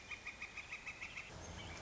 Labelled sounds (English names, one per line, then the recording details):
Northern Flicker
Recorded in Sonoma County, California